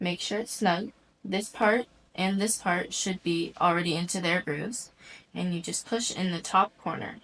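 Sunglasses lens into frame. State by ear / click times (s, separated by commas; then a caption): not seated / none. A replacement lens for Oakley Fives 4.0 sunglasses is being fitted into the plastic frame, with parts of the lens already sitting snug in the frame grooves and the top corner about to be pushed in. Someone talks throughout the clip. Nothing has seated or clicked yet.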